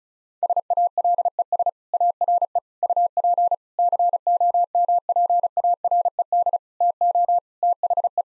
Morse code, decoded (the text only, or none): SALES ARE UP COMPARED TO THE